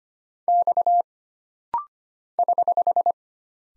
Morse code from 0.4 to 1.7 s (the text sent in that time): X